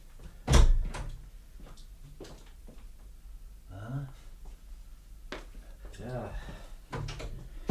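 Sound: door being opened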